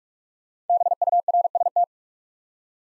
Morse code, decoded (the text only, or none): BURST